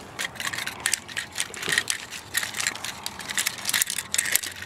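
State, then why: Not seated. Someone handles a plastic Macross VF-1A Valkyrie toy fighter jet figure while transforming it, struggling to fit a plastic part into the figure's body. Scraping and rattling plastic handling noises are punctuated by sharp clacks. Nothing has seated or clicked into place yet.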